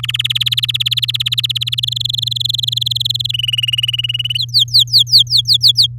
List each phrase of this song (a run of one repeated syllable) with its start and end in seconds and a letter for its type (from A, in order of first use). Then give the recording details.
0.03-0.12 A, 0.14-1.75 B, 1.77-3.32 C, 3.33-4.38 D, 4.38-5.87 E. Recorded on 10 May 2018 at 07:28. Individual llb16